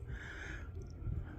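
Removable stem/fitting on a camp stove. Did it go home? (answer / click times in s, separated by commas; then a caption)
no / none. A removable stem or fitting on a camp stove is handled and pressed toward its place, giving low, muffled handling noise with a faint brief tick near 0.9 s. Nothing has seated or clicked into place yet.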